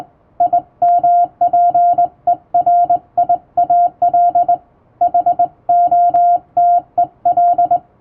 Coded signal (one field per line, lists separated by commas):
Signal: Morse code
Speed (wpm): 20 wpm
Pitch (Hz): 700 Hz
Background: music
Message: IMPERIAL HOTEL